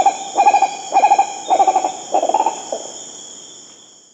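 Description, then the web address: Green Ibis calls: low hooting notes given in quick groups of several, the phrases repeated about every half second, with a steady high insect drone behind. Venezuela. "Birds of the Amazon. Green Ibis (Mesembrinibis cayennensis), Venezuela"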